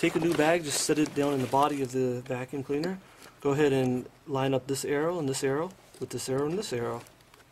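A new dust bag is set down into the body of a Miele S5981 vacuum cleaner, its arrow being lined up with the arrow on the bag holder while someone talks throughout. The clip ends before the bag's collar goes home, so nothing has seated or clicked into place yet.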